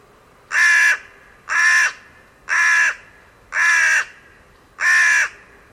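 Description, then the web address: Bird giving harsh, nasal caws, five evenly spaced calls each about half a second long, repeated roughly once a second over a quiet background. Calls rendered as "Co Co Co Co". "cianscape birddata Deverinetal 2025 File origin Bird Only Co Co Co Co"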